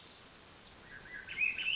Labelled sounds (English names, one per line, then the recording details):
Swainson's Thrush
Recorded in Sonoma County, California